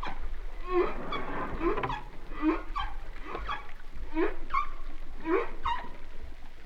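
Humpback whale song units: several short upswept whoops, each a brief rising cry over low rumble.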